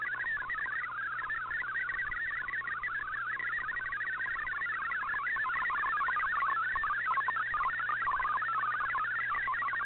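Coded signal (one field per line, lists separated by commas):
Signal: multi-tone FSK (Olivia or MFSK type)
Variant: MFSK32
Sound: rapid warbling chirpy tones hopping quickly within a narrow band, continuous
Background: radio hum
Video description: Here is my decode of the Shortwave Radiogram broadcast today on 7780Khz shortwave radio at 2030UTC in MFSK32 and 64 and with 8 SSTV images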